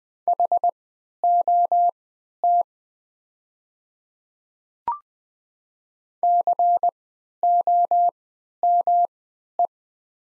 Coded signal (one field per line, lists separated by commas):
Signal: Morse code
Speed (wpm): 20 wpm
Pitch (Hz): 700 Hz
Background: none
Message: HOT COME